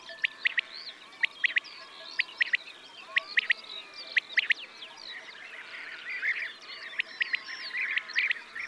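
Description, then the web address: Common quail song of sharp, clipped notes in short repeated groups, mixed with chirps and twittering from other birds. Summer. "Ete La Caille des bles. les-4-saisons-des-chants-doiseaux"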